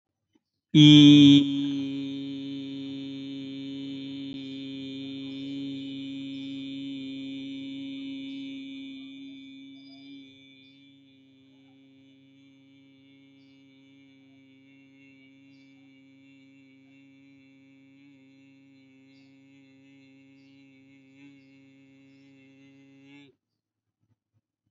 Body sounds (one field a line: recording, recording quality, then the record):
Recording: sustained vowel as in beet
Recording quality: excellent, no background noise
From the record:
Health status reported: healthy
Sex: male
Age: 28 years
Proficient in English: yes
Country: India